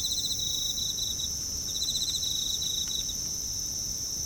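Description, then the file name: Insects chirping at night in rapid pulsed trill bursts over a steady high-pitched background chorus. Night, Kashiwa Town, Japan; bugs with town ambience; mid-side stereo. "Japan Kashiwa Town Night Bugs and Ambience"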